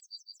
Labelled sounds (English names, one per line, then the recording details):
Yellowhammer song
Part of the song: start
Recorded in the Czech Republic on 2 July 2013
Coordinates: 50.761, 14.682
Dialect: BE
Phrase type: C59
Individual 315187